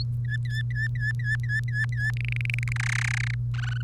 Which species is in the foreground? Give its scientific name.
Serinus canaria